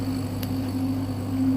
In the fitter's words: to open this switch working here the click sound when the lead close down